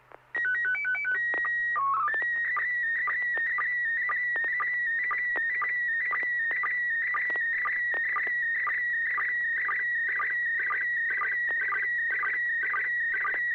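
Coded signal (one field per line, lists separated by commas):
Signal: SSTV (slow-scan television)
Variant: PD 120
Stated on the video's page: Morse code ident on an FM repeater at 441.30 MHz during a weekly SSTV net.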